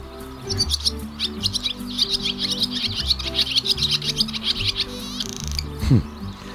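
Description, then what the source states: Barn swallow twittering: rapid, high chattering notes in continuous bursts, with a low steady musical background underneath. Lives close to humans and nests in buildings; flying low is said to indicate coming rain.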